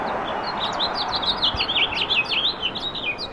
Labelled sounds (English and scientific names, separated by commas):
House Finch (Haemorhous mexicanus) song